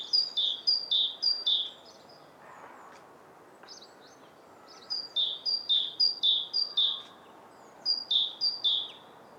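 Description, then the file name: Great tit song in three strophes of quick, repeated two-note phrases, each high note falling to a lower one, with quiet gaps and light hiss between. "Parus major"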